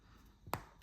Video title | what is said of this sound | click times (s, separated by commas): Vauxhall Opel Astra Vectra Zafira Key Fob Battery Replacement | We just click it in place. | 0.5 s